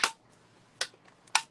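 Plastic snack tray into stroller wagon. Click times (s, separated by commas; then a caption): 0.8 s, 1.4 s. A plastic snack tray is pressed into the middle of a stroller wagon and snaps into place. Two sharp clicks are heard at 0.8 s and 1.4 s, after an earlier bright snap at the start, and the tray is seated.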